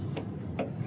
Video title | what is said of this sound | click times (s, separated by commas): Panduan lengkap pemasangan modul RETRACT di mobil all new terios tipe X bagian 2 | sampai ngunci seperti ini. | 0.2 s, 0.6 s